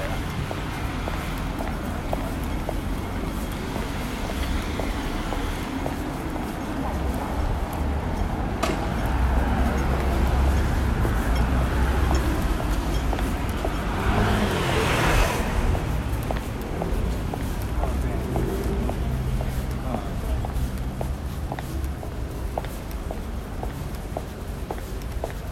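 Footsteps walk along a city street on a windy day, a steady low rumble of wind and traffic filling the background. Regular sharp clicks of steps run throughout, with a louder rushing swell, like a passing vehicle or gust, around the middle. Faint voices drift in.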